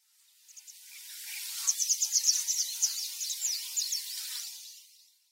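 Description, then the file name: White wagtail twittering: a soft series of thin, high chirps in quick succession, rising in strength then fading, with faint hiss behind. Local name nishishiberiahaku (West Siberian white wagtail); Yonaguni, Japan, 26 March 2022. "nishishiberiahaku yonaguni yanagawa"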